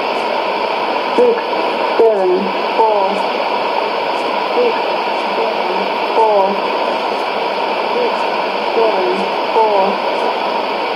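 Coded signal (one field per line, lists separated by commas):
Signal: numbers station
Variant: E17z English Lady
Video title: 01 06 2017 Numbers station E17z English Lady in English to Eu 0800 on 16780 in CUSB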